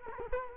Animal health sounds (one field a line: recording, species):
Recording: mosquito wingbeat signal from an infrared sensor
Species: Culex quinquefasciatus